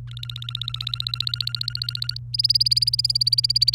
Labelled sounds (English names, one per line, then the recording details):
Domestic Canary song
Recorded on 28 April 2018 at 15:26
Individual llb3